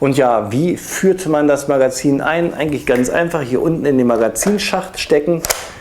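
Someone talks while a gas blowback magazine is guided toward the lower magazine well of a Hephaestus Project T Tavor TAR21 airsoft bullpup rifle. A short sharp hit is heard near the end. The magazine has not yet been pushed home, and nothing has seated or clicked yet.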